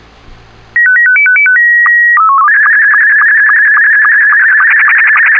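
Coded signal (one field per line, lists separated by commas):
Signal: SSTV (slow-scan television)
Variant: Scottie 2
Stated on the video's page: SSTV image transmission heard on an SDR amid AM broadcast band airchecks.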